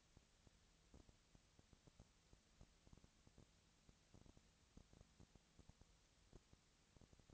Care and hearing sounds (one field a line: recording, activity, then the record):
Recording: daily activity, microphone in the room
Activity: no activity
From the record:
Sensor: 3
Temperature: 20.4 degrees Celsius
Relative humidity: 34.4%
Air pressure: 996.9 hPa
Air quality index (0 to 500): 205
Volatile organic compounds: 68 ppm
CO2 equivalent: 3498 ppm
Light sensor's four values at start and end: 2/3/2/2 and 2/3/2/2